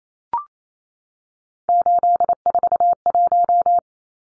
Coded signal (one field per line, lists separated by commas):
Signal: Morse code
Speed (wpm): 28 wpm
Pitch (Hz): 700 Hz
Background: none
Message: 841